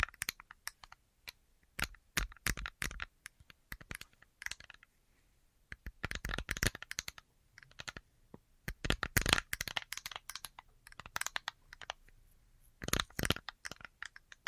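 An assortment of tapping sounds: sharp, clicky taps arrive in irregular bursts, some single and some in quick clusters like typing. Activity thickens around the middle and again near the end, with short quiet gaps between groups and a faint low hum underneath.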